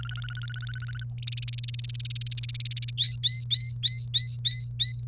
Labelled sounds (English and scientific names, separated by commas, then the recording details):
Domestic Canary (Serinus canaria) song
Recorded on 1 May 2018 at 08:36
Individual llb3